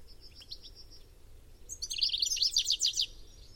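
Bird twittering: faint thin notes at first, then a loud, dense burst of high, rapid chirps through the second half.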